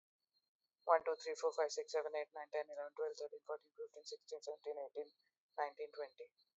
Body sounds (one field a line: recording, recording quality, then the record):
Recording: counting at a fast pace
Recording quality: excellent, no background noise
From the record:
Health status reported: healthy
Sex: female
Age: 42 years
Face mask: not worn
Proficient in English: yes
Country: India